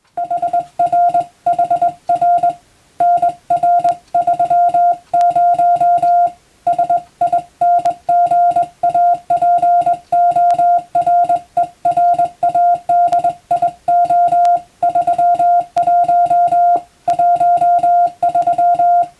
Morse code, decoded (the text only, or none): HRHR NR30 SINGAPORERADIO 31 13